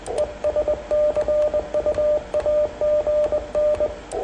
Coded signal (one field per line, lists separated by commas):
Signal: Morse code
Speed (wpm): 22 wpm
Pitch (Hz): 590 Hz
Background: radio noise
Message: ES CUAGN